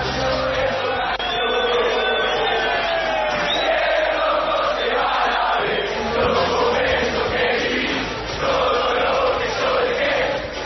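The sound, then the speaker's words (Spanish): A large crowd of football fans shouting and chanting together, a dense, loud roar of many voices that stays steady throughout with rising swells. “Te quiero ver gritar mañana en Charracín, así.”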